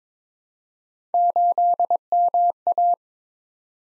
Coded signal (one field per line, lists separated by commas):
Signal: Morse code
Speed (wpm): 22 wpm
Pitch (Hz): 700 Hz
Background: none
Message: 8MA